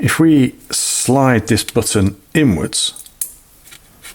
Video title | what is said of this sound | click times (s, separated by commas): 1954 LeCoultre Futurematic men's vintage watch with power reserve and a back set bumper auto calibre | here positive click that hacks the second hand and it allows us | 3.2 s